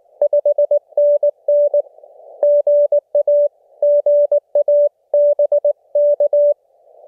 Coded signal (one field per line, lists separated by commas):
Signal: Morse code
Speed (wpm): 19 wpm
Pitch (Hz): 580 Hz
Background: none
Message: 5NN GA GA BK